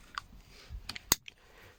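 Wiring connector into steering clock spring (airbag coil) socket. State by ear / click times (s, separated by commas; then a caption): seated / 1.1 s. While refitting the steering wheel on a 2015 Kia Ceed SW (JD), a plastic wiring connector is pushed into its socket on the airbag clock spring. A few faint ticks come before a sharp, bright click at 1.1 s, followed by a softer tick. The connector is seated.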